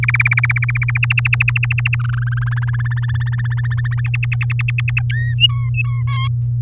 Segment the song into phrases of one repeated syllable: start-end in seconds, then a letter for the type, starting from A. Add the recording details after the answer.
0.03-0.98 A, 1.03-1.96 B, 1.99-2.44 C, 2.46-4.01 D, 4.04-5.01 E, 5.11-5.34 F, 5.38-6.03 G, 6.07-6.28 H. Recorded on 7 May 2018 at 17:07. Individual llb16